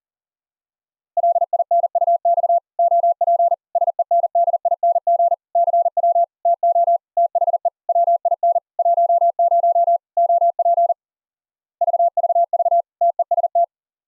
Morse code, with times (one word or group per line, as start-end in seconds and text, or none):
1.2-2.6 LINUX
2.8-3.5 OP
3.8-5.3 SENDING
5.6-6.2 CW
6.5-7.0 TO
7.2-7.7 THE
7.9-8.6 WIN
8.8-10.0 10
10.2-10.9 OP
11.8-12.8 VVV
13.0-13.6 TEST